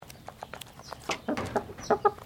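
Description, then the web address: Chicken giving soft, scratchy clucks and short rasping notes, ending in two brief tonal clucks. Clucking of a Highliner Brown breed chicken. "Sound Effects-Foundation 1 BIRD CHICKEN HIGHLINER BROWN CLUCK"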